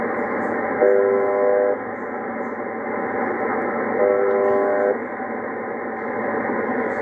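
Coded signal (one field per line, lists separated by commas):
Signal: channel marker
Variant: UVB-76 (The Buzzer)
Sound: two short harsh low buzzes, about a second each, over hissing shortwave static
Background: radio static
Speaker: Ну вот он этот бузер которые ещё знают как увб 76 частота 4625 спокойно продолжает свою работу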